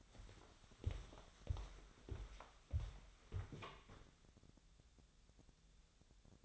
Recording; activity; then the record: daily activity, microphone in the room; walk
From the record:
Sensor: 3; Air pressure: 1015.3 hPa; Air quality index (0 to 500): 120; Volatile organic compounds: 4 ppm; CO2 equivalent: 1684 ppm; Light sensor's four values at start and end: 16/42/17/19 and 18/45/18/20